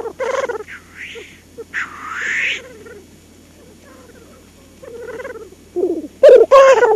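Black grouse hissing and bubbling: harsh whooshing hisses, including a loud one near the start and two near the end, mixed with low, rolling cooing phrases.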